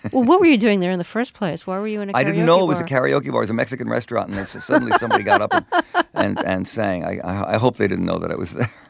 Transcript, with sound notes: Well, what were you doing there in the first place? Why were you in a...
I didn't know it...
...Karaoke bar?
...Was a karaoke bar. It was a Mexican restaurant and then suddenly...
(Laughter).
...Somebody got up and sang. I hope they didn't know that I was there.